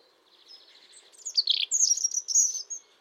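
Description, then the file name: European robin song with rippling, falling twitters and a thin high sustained warble, over a faint steady background hiss. "Erithacus rubecula"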